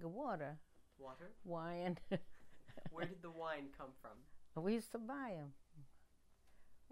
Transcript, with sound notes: Water.
Water.
Wine. ( she laughs )
Where did the wine come from?
We used to buy it.